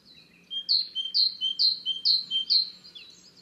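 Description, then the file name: Great tit giving a rapid series of five ringing two-note phrases, each of a high and a lower note, evenly spaced, with light background noise. "Parus major"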